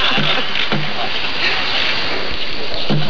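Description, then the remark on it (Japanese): A hand loom thumps as flag cloth is woven by hand, the weft thread being pulled forward and pressed tight: a few dull, low knocks spaced about half a second to a second and a half apart, over a steady, loud rushing hiss. “旗織りの作業中の雰囲気というのをちょっと聞いてみましょうか”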